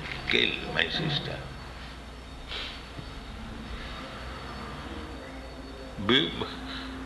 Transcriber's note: laughs